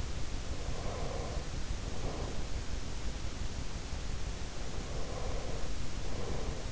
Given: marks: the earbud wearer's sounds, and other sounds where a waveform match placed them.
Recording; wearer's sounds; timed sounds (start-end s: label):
sounds in sleep by an in-ear microphone; breath
0.33-2.44 s: breath
4.49-6.72 s: breath